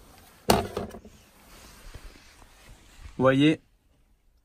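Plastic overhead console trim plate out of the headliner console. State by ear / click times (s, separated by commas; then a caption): released / 0.5 s. A small plastic trim plate in the overhead console of an Audi's headliner is pulled by hand, with a sharp pop at 0.5 s and a softer clatter at 0.8 s as its clips let go and the plate comes out, removed to install a microphone. The clips are good quality, so it is safe to pull. After a quiet pause, someone talks briefly.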